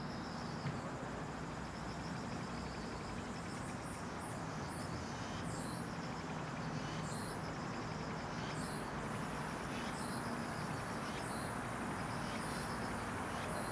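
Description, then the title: Cicada buzzing in a high, pulsed drone throughout, with scattered rasping bursts from a few seconds in to the end and a continuous low hum of traffic underneath. Recorded at an apartment complex in Banpo-dong, Seocho-gu, Seoul, South Korea. "대한민국 서울특별시 서초구 반포동 1117-Banpo Jugong Apartment, Cicada, Magpie"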